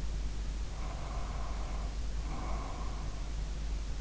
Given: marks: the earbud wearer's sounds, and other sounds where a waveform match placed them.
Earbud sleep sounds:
sounds in sleep by an in-ear microphone; breath
0.79-3.57 s: breath

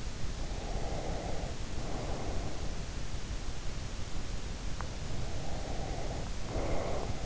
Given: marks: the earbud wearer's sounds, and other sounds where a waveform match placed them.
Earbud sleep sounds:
sounds in sleep by an in-ear microphone; breath
0.67-2.74 s: breath
5.40-7.26 s: breath

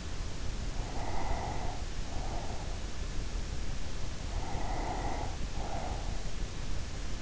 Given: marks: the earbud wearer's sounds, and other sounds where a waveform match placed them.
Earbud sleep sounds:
sounds in sleep by an in-ear microphone; breath
0.82-3.07 s: breath
4.36-6.30 s: breath

